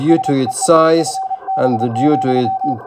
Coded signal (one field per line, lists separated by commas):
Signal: Morse code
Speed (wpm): 28 wpm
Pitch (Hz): 780 Hz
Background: speech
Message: SEE FB,